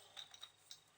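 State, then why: Not seated. A moulded plastic part from a Tamiya Holiday Buggy DT-02 RC buggy build is handled against the chassis, where it will later be fixed with four 3x10 mm screws. Light, sharp plastic ticks and clinks are heard around 0.2, 0.4 and 0.7 seconds. Nothing has seated or clicked into place yet.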